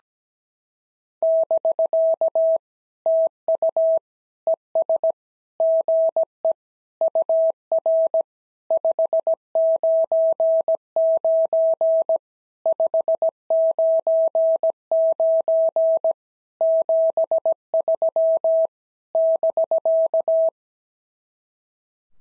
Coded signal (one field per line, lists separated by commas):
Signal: Morse code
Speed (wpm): 16 wpm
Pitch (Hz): 650 Hz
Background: none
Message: <BK> TU ES GE UR 599 599 73 <BK>